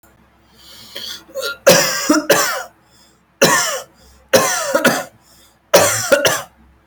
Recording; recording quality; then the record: heavy voluntary cough; excellent, no background noise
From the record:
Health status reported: respiratory illness, not identified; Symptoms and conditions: asthma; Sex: male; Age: 27 years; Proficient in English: yes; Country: India